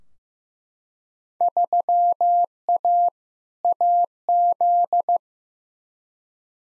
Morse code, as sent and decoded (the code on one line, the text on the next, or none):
...-- .- / .- --..
3A AZ